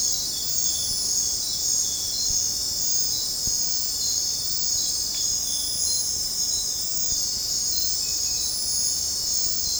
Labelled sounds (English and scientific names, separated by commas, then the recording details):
none
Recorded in dense forest near Puerto Asís, Putumayo, Colombia, on 20 December 2024 at 21:30
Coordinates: 0.466, -76.327
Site G075